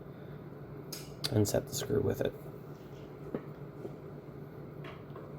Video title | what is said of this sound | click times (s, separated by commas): TCL 65 inch Backlight Replacement | snap your wireless card back into the retainer so that way it doesn't get lost | 0.9 s